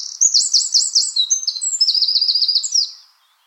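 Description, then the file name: Eurasian wren song, a loud high-pitched rapid outburst of trills and twittering notes, then silence. "Troglodytes troglodytes"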